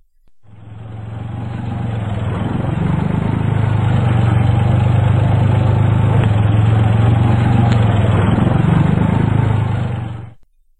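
A tractor engine runs steadily at a loud, low idle, its deep rumble and constant drone holding even for about ten seconds after fading in, then cutting off at the end.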